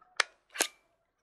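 The magazine release pin on the back of a Spyder Hammer 7 paintball marker is pushed in and the plastic magazine is pulled straight down out of its housing. A sharp click sounds at 0.2 s, followed by a broader, noisier burst around 0.6 s, and the magazine comes free.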